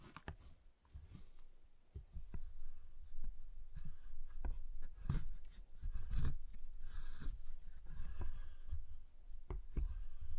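Tapping and cutting on a giant chocolate bar, irregular dull knocks and sharp clicks over a low rumble, busiest after the fourth second.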